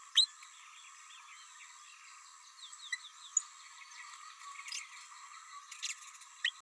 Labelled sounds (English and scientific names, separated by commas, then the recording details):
Green-rumped Parrotlet (Forpus passerinus) babbling
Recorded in a nest box in Venezuela
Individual 18B104A3